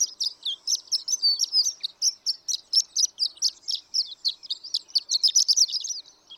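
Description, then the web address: Horned lark giving a continuous, sparkling series of high chirps and slurred whistles in quick succession. "birdsongforthecurious Horned Lark"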